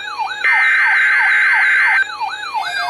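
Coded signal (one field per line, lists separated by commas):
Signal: Emergency Alert System (SAME) tones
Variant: header bursts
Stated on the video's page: Severe thunderstorm watch on NOAA weather radio station out of Milwaukee, Wisconsin.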